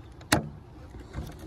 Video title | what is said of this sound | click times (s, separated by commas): Scx10 ii honcho shock relocation super flex MUST WATCH | Like, watch. It pops up nice and nice. You'll hear the click. | 0.3 s